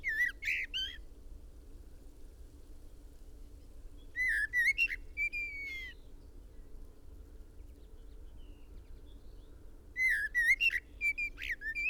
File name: Turdus merula